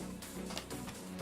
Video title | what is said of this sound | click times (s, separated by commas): How to Build a PC - Giveaways + $3000 Build in the Phanteks P500a (Ryzen 9 3950x / ASUS RTX 3080) | there you go solid clicks click click | 0.6 s